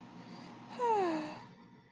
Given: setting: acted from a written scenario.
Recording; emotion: vocal sound without words; serenity